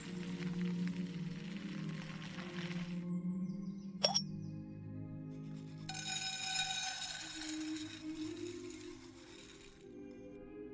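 A kitchen ambience with old music playing, a warm low murmur of melody running under everything. A bright clink of metal sounds around four seconds, and a hissing, sizzling wash rises from about six to ten seconds before cutting off.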